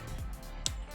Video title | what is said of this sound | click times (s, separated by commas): Highbeam Offroad Headlight Review - Jeep Wrangler JK | make sure it clicks all the way and lock the tab. Make sure this clicks. | 0.7 s